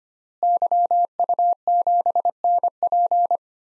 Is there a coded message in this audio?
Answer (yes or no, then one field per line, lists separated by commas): yes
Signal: Morse code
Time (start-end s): 0.4-3.4 s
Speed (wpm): 25 wpm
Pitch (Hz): 700 Hz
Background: none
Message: YU7NP